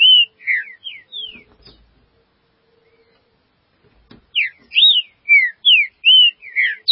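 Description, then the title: Green-winged saltator whistling a quick run of slurred notes, pausing after a soft knock, then resuming with a series of loud slurred whistles. "Trinca Ferro"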